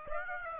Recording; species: mosquito wingbeat signal from an infrared sensor; Aedes aegypti